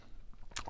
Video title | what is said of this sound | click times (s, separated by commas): Best value torque driver? | and it is quite a loud click it's more uh noticeable than any of my torque wrenches it's quite a | 0.6 s